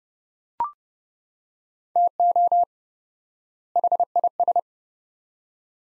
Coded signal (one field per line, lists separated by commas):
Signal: Morse code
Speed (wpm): 30 wpm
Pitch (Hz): 700 Hz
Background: none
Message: TO HIS